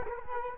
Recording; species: mosquito wingbeat signal from an infrared sensor; Culex quinquefasciatus